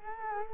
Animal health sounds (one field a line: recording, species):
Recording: mosquito wingbeat signal from an infrared sensor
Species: Culex quinquefasciatus